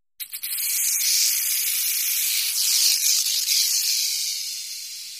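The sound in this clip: Rattlesnake rattling, a dry, continuous hissing buzz that starts abruptly and holds steady for several seconds before easing slightly.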